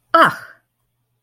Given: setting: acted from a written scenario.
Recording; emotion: vocal sound without words; contempt